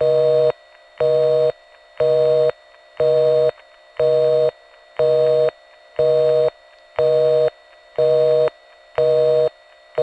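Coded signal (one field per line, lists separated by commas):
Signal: telephone call progress tone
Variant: North America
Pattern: busy tone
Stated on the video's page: MF trunk signalling from a Nyack crossbar sector via N1 carrier from Mamaroneck NY #5 Crossbar, 1981.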